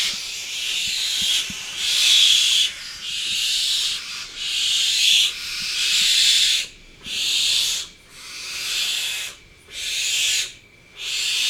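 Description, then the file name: Barn owl giving a series of harsh, breathy hissing screeches separated by short quiet gaps. "Barbagianni"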